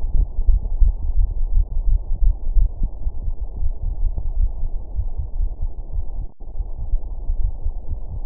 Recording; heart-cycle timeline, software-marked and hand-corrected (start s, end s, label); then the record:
heart sounds
not marked
From the record:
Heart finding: coronary artery disease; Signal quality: poor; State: rest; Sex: female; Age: 68 years